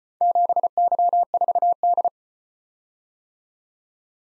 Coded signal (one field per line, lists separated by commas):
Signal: Morse code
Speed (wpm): 34 wpm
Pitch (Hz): 700 Hz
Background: none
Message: 7Y4D